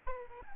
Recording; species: mosquito wingbeat signal from an infrared sensor; Aedes albopictus